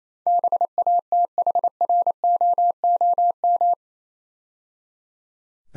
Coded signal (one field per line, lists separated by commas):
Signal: Morse code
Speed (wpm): 27 wpm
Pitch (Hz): 700 Hz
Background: none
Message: BATHROOM